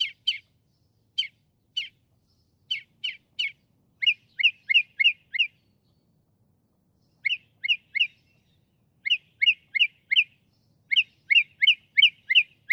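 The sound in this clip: Northern mockingbird song with sharp paired notes, then rapid bursts of four or five chips, a pause, and more quick chip series.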